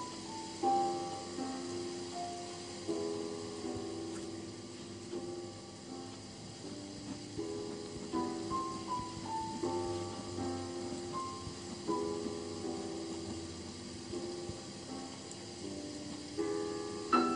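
Slow piano notes and soft chords unfold unhurriedly over a steady rain-like hiss, with a sharper accent near the end.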